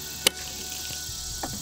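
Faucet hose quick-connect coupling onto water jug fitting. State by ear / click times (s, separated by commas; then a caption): seated / 0.3 s. The plastic quick-connect coupling on a faucet's suction hose is pushed onto the water jug fitting and gives a single sharp click at 0.3 s as it locks into place, followed by a fainter tap near 1.4 s. The coupling is seated and locked onto the jug.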